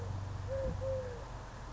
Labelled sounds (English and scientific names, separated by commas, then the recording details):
Eurasian Collared Dove (Streptopelia decaocto)
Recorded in Sonoma County, California